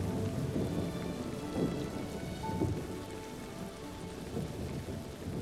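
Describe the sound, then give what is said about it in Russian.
Steady rain pours down with a dense, hissing wash, while rainwater rushes, foams and gurgles beneath it, draining through small openings at the base of courtyard walls, with a few low rumbling swells rising and falling throughout. “Повертев головой, я заметил небольшие окошки в основании стен, куда с шумом и пеной убегала дождевая вода.”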